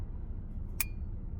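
An interchangeable lens, aligned by its white dot with the white dot on the camera body, is twisted into the body's bayonet mount over a low, steady background rumble. A single sharp, bright click with a brief thin ring comes at 0.8 s as the bayonet mount locks. The lens is correctly seated.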